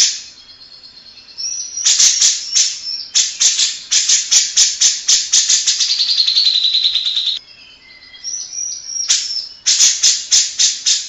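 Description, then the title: Grey-cheeked bulbul giving bursts of harsh, rasping notes, about four per second, broken by short pauses and a brief thin whistle. Long-duration recording made for training cage birds (masteran). "Cucak Jenggot Masteran Durasi Panjang"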